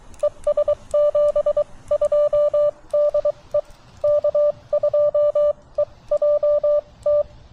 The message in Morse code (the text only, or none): ES 72 DE K2EJT